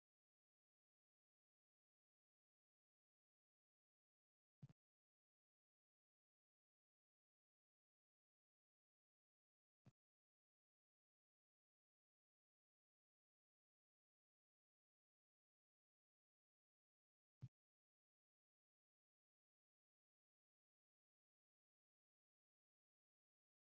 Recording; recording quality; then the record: deep breathing; excellent, no background noise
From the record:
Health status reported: healthy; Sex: female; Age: 21 years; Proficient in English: yes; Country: India